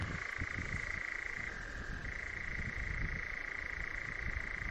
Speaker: He writes he was lucky enough to record a nightjar, including its wing claps, in Northumberland